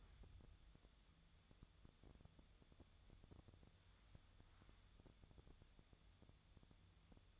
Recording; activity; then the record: daily activity, microphone in the room; wipe stove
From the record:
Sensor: 3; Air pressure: 1004.8 hPa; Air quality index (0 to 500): 74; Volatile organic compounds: 2 ppm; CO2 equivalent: 1119 ppm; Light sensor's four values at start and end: 8/19/8/7 and 8/19/8/7